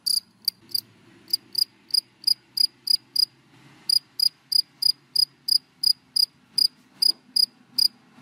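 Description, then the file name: Cricket giving bright high chirps in irregular runs, pausing briefly before resuming. Crickets calling, given by the Vietnamese names dế mèn, dế cơm and dế than. "Tieng de men de com de than keu"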